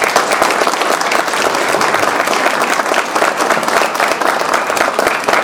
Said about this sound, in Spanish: Pero, hasta además, desearles en este día en el que iniciamos este importante seminario, estas felicitaciones sinceras, y por ello les pido a todos que le demos un fuerte aplauso a esta asociación.